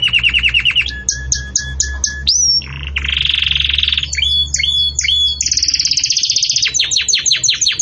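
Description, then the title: Belgian canary song, a rapid varied sequence of trilled phrases, high whistles and buzzy rolls changing every second or so, with a low steady hum underneath. Belgian canary singing in the campainha (bell) song style, used for training chicks. "Belíssimo Canto Do Canário Belga Campainha Para Encarte De Filhotes"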